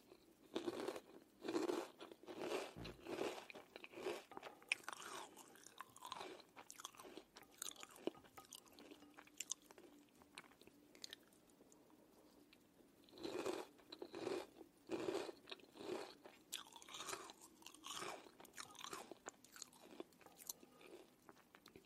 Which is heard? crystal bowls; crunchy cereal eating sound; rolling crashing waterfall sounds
crunchy cereal eating sound